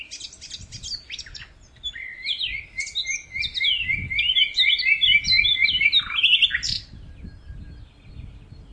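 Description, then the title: Songbird singing a long run of rapid, chattering notes with trills and slurred whistles, over a low background rumble. "LuckyPassaro Completos2Sama"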